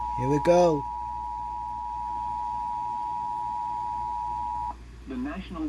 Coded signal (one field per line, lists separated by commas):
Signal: Emergency Alert System (SAME) tones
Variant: 853 and 960 Hz attention tone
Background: speech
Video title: EAS Weather 7/14/2025 5:43 PM EDT